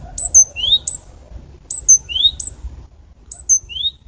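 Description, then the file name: Great tit giving a sharp high note and then a lower upslurred note, the pair repeated three times over faint low rumbling. "Parus major"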